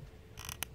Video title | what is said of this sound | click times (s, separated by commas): Benjamin Marauder .25 (+ 2018 Regulated Field and Target FT Edition) w/ Boyds Stock | I always say, did you hear that little click? | 0.5 s, 0.6 s